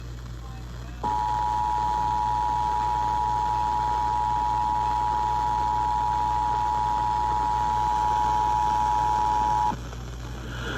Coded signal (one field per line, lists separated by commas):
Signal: Emergency Alert System (SAME) tones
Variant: 853 and 960 Hz attention tone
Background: speech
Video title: Severe Thunderstorm Warning on KTFW-FM (7/10/23) (EAS #402)